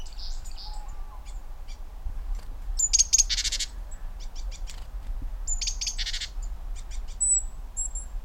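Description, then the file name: Great tit calling with scattered high thin notes and rasping churred bursts in two main clusters, with quieter gaps and a low background hum. "Parus major"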